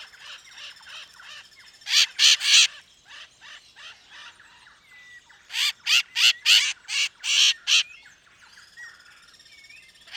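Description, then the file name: Bird giving two loud bursts of harsh squawks, a short one and then a longer one, over softer scratchy chatter and a few thin rising whistles. "SABIOD 50 bird 2015"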